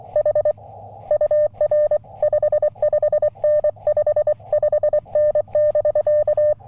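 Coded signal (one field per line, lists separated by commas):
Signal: Morse code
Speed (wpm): 23 wpm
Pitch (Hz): 1800 Hz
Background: none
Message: H UR 55N 55N <BK>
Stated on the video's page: Summits on the Air activation with ham radios on a mountain.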